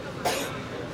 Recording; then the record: coughing mixed with background sound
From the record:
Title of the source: 61 morning phlegmy cough...again